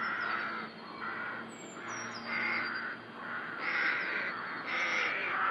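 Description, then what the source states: Rooks giving continuous, overlapping grating caws that swell and fade, with thin high whistled notes from another bird early on. Rookery in the UK.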